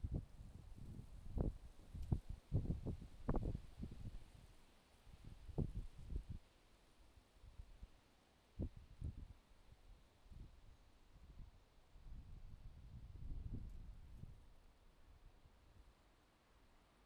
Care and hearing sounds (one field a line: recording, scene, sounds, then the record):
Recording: everyday scene through a hearing-aid microphone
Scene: wind on the microphone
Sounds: wind, traffic, birds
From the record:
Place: suburban garden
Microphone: in the ear canal, left